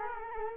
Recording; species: mosquito wingbeat signal from an infrared sensor; Culex quinquefasciatus